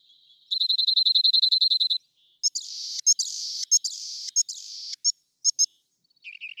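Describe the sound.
Rock wren song beginning with a steady rapid trill of identical notes, followed by harsh buzzy phrases broken up by sharp clicks.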